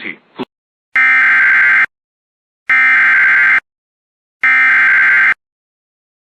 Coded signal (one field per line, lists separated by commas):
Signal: Emergency Alert System (SAME) tones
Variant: header bursts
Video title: EAS Alerts 6195-6199 From 09/06/24